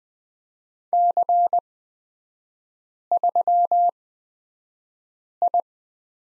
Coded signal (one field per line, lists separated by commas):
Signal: Morse code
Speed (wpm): 20 wpm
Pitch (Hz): 700 Hz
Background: none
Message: C3I